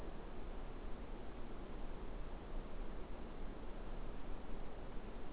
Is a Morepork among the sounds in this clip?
no